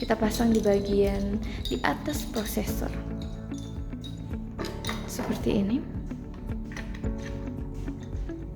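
A CPU cooler is handled and placed on top of the processor, to be pressed into the motherboard mounting bracket until its plastic retention clips snap in. Someone talks over background music, with a few short taps and light clinks. Nothing has seated or clicked yet.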